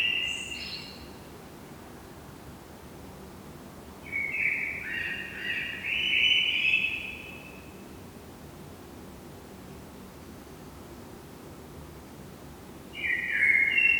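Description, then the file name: Common blackbird song: three separate warbling, flute-like phrases spread across the recording with long quiet pauses, some ending in high squeaky notes. "Turdus merula"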